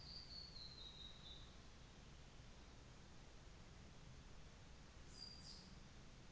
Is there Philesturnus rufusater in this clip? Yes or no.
no